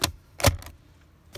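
A part of a retrofitted rear folding seat on a BMW E90 is handled and pushed back toward its mount in the car, giving short, sharp knocks and rattles near the start, around 0.4 to 0.6 seconds, and again at the very end. Nothing has seated or clicked yet.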